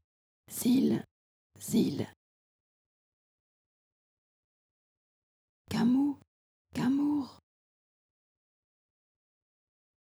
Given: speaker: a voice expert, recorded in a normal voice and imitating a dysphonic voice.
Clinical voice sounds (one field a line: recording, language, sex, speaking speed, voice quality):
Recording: pseudo-word pairs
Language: French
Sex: female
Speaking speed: normal speed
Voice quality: dysphonic voice